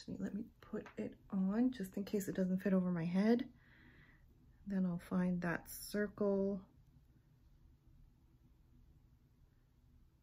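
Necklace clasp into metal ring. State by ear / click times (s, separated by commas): not seated / none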